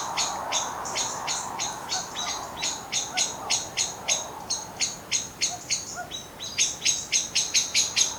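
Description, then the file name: Common blackbird giving a steady run of hard, ticking call notes, about four per second. "Turdus merula"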